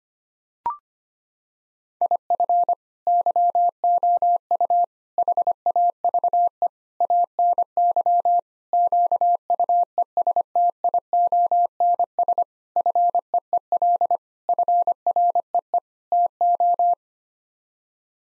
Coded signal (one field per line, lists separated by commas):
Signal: Morse code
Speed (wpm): 25 wpm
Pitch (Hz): 700 Hz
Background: none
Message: IF YOU HAVE ANY QUESTIONS FEEL FREE TO